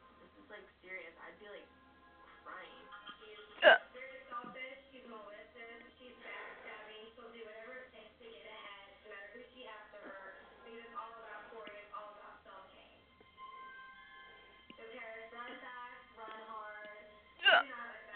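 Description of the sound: An adult talking, broken by two sharp, sudden hiccups about fourteen seconds apart.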